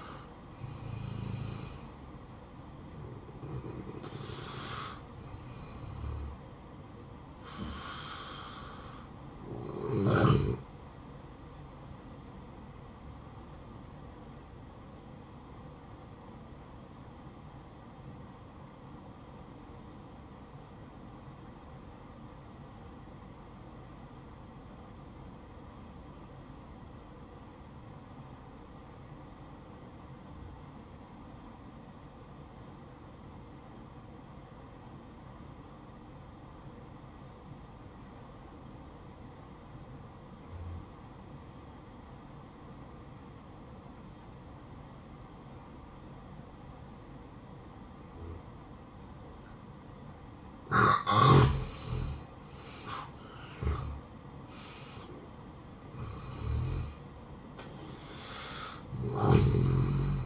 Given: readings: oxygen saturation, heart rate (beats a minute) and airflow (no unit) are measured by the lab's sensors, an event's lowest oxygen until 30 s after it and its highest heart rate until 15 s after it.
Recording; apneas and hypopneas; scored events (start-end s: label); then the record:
breathing in sleep by a smartphone at the bedside; 1
12.00-60.26 s: new sleep stage, N1 (lightest sleep)
15.00-53.80 s: obstructive apnea (N1, oxygen 95% highest, then 82% lowest, heart rate 64 at the start, 77 highest)
From the record:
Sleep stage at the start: N2 (light sleep); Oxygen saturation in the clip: 84 to 95%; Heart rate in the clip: 54 to 77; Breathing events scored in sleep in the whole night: 573 in 9.8 hours asleep